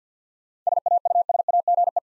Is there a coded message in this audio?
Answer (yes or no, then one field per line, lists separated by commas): yes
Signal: Morse code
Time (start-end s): 0.7-2.0 s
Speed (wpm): 50 wpm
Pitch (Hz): 700 Hz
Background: none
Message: SAUSAGE